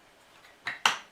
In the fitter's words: so that's really simple to install that clicks into place very easily